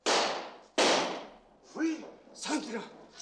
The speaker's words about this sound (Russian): Они оглядываются на выстрелы. Вот полиция и шарит по дворам.